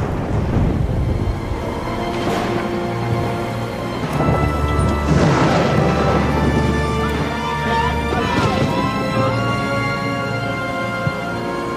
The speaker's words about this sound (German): Ein heftiger Sturm kam auf und schlug hohe Wellen.